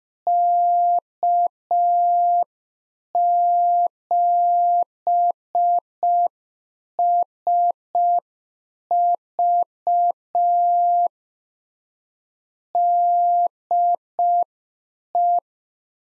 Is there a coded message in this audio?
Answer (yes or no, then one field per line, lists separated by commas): yes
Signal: Morse code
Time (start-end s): 0.3-15.4 s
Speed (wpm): 5 wpm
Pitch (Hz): 700 Hz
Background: none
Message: K7SV DE